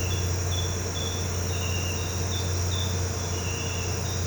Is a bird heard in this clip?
no